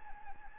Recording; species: mosquito wingbeat signal from an infrared sensor; Anopheles gambiae